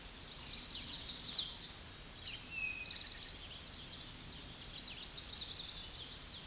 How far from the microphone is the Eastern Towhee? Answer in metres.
about 15 m